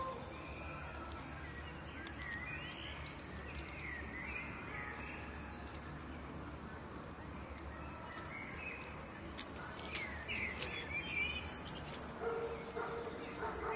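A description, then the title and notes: Birds sing on a canal at dusk, their bright chirps and short rising phrases scattered through the clip, busier after ten seconds. Underneath runs a steady low city rumble, and faint voices seem to drift in from a distance. Elsensteg at Dusk. Dusk in Neukoelln. Bird songs on the canal.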